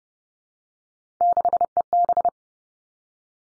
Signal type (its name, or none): Morse code